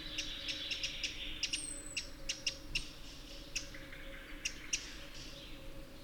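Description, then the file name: Eurasian wren uttering hard clicking ticks, scattered and uneven, over a hissy chattering background and a steady low hum; one thin high whistle slides down midway. "Troglodytes troglodytes"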